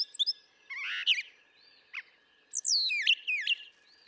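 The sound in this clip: Brown thrasher song with a rough buzzy phrase, a short click, then a run of falling slurred whistles, against a faint steady hum.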